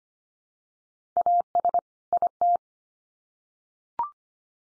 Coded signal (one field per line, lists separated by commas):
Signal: Morse code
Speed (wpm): 25 wpm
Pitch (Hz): 700 Hz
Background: none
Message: AS IT